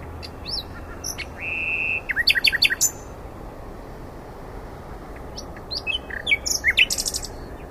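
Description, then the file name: Common nightingale song: scattered clicks, a sustained flat whistle, a fast burst of sharp notes, then after a pause a jumbled chattering phrase. "Luscinia megarhynchos"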